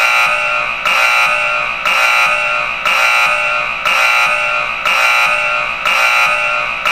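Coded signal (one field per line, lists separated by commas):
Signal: alarm pattern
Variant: smoke alarm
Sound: loud harsh alarm buzz in repeated one-second pulses with very short gaps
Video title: Sound of smoke alarm beeping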